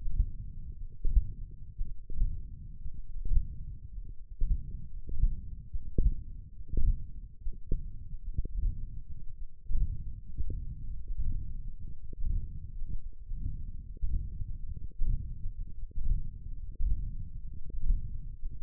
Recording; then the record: forearm muscle sounds (acoustic myography)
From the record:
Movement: hook grip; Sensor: system 1, eight BSWA MPA416 microphones around the upper forearm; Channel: 2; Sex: male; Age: 21 years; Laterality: right